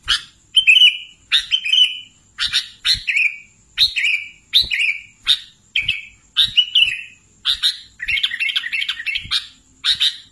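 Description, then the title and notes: Sooty-headed bulbul singing evenly spaced short chirping phrases, with a denser burst of mixed notes near the end. "Kicau Burung Kutilang"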